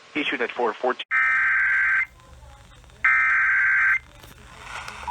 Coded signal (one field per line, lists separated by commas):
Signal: Emergency Alert System (SAME) tones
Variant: header bursts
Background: speech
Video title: Thanks A Lot Wakefield...EAS Alerts From August 15-16, 2020 (EAS #368-403)